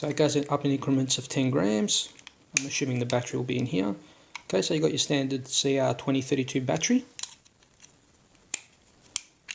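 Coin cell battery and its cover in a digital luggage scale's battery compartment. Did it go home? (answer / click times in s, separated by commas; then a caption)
yes / 8.5 s, 9.2 s. Someone talks for about seven seconds about a Samsonite foldable digital luggage scale and its standard CR2032 coin cell battery. Then the plastic battery cover is closed over the battery compartment with two loud, sharp clicks at 8.5 s and 9.2 s, and a few faint ticks around them. The cover clicks into place and is seated.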